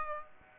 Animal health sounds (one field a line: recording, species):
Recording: mosquito wingbeat signal from an infrared sensor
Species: Aedes aegypti